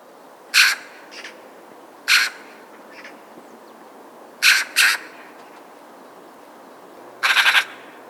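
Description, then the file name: Eurasian magpie producing a string of grating squawks, some single and some paired, with faint extra notes between and a rapid chattering rattle near the end. "Pica pica"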